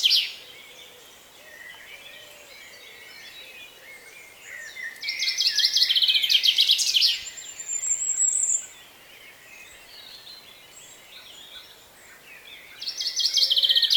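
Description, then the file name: Common chaffinch singing a rapid descending trill ending in an emphatic flourish, then starting again at the end, with a thin high whistle and faint bird calls in between. "Fringilla coelebs"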